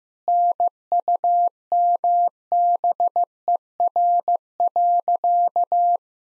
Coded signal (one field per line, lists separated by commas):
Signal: Morse code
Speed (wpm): 16 wpm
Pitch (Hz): 700 Hz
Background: none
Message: NUMBER.